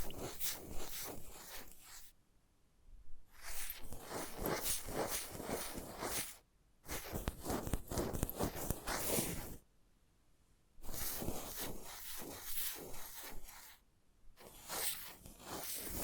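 Invisible tapping, scratching and tracing come in bursts of busy, crackling, rustling strokes with sharp taps, dense and bright across the range. Quiet gaps break the sequence near 2, 6.5, 10 and 14 seconds before each new burst begins.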